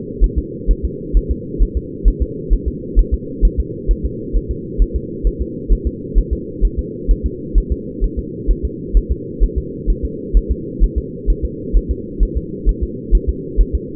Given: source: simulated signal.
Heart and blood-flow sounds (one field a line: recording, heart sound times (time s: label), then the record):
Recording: fetal heart sounds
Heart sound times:
0.24 s: S1
0.38 s: S2
0.71 s: S1
0.85 s: S2
1.17 s: S1
1.31 s: S2
1.62 s: S1
1.77 s: S2
2.08 s: S1
2.22 s: S2
2.53 s: S1
2.68 s: S2
2.99 s: S1
3.14 s: S2
3.45 s: S1
3.60 s: S2
3.91 s: S1
4.05 s: S2
4.36 s: S1
4.51 s: S2
4.82 s: S1
4.96 s: S2
5.27 s: S1
5.41 s: S2
5.72 s: S1
5.87 s: S2
6.18 s: S1
6.33 s: S2
6.65 s: S1
6.79 s: S2
7.11 s: S1
7.26 s: S2
7.58 s: S1
7.72 s: S2
8.04 s: S1
8.19 s: S2
8.51 s: S1
8.65 s: S2
8.97 s: S1
9.11 s: S2
9.43 s: S1
9.58 s: S2
9.90 s: S1
10.05 s: S2
10.37 s: S1
10.51 s: S2
10.83 s: S1
10.98 s: S2
11.30 s: S1
11.45 s: S2
11.76 s: S1
11.91 s: S2
12.23 s: S1
12.37 s: S2
12.69 s: S1
12.83 s: S2
13.15 s: S1
13.29 s: S2
13.61 s: S1
13.75 s: S2
From the record:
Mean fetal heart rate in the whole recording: 130 bpm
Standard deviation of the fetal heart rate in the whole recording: 2 bpm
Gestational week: 36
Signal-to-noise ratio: -4.1 dB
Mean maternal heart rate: no maternal heart sound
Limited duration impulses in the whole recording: absent